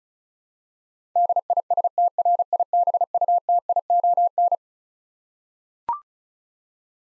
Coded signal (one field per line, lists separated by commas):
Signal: Morse code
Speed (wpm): 36 wpm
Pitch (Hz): 700 Hz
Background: none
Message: DISTRIBUTION